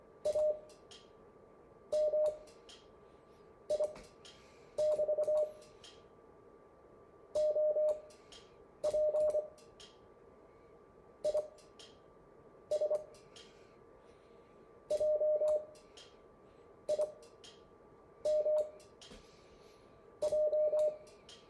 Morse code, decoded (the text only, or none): AMI <BT> OP IS JIM J